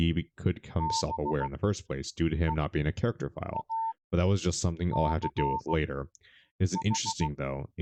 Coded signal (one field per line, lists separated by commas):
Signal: Morse code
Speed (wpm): 15 wpm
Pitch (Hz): 900 Hz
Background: speech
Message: BEACH